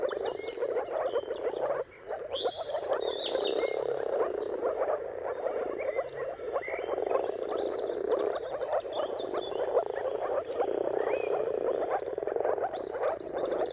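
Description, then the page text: Moor frogs calling together in a steady, bubbling low chorus that barely pauses, with scattered bird chirps and whistles over the top. Chorus of many moor frogs giving mating calls at sunrise, turn of March and April, timing depending on weather. "Jakub-Orzecki moor frogs. Dawn’s Chorus: Mating Calls of Marsh Frogs at Sunrise. Depending on the weather at the turn of March and April, you can witness an amazing spectacle of moor frogs"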